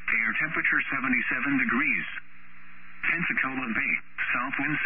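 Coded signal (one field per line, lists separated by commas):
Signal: Emergency Alert System (SAME) tones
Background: speech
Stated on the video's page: NOAA weather radio station KEC61 serving Mobile, Alabama, recorded during its long broadcast cycle.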